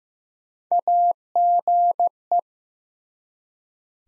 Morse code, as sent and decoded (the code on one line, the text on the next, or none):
.- --. .
AGE